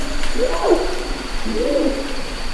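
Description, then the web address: Sumatran orangutan calls, two low arched moaning hoots, the first wavering, the second smoothly rising and falling, over constant hiss. "earth naturelibrary assets s su sumatran orangutan"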